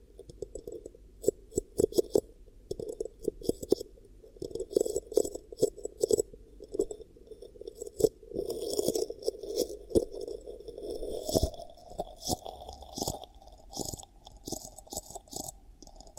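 Hypnotic ASMR triggers made of quick clicks, crunches and scratchy scraping, coming in dense irregular bursts throughout. A low, steady hum runs underneath, rising slightly in pitch after the midpoint, while sharp taps break through every second or two.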